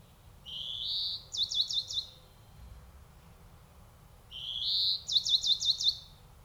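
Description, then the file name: European greenfinch calling twice, each a rising nasal wheeze followed by four or five quick chirping notes. "Chloris chloris"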